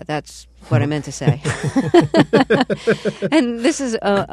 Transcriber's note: soundbite of laughter